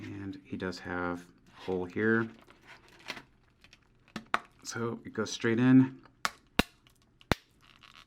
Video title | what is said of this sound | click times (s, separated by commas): NECA Gargoyles Brooklyn Unboxing: The Ultimate Collectible | and then the wings just click into place so you guys can see a huge impressive wingspan | 6.2 s, 6.6 s, 7.3 s